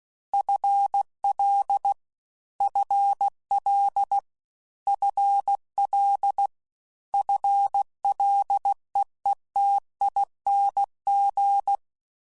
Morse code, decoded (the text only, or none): FL FL FL FLEETING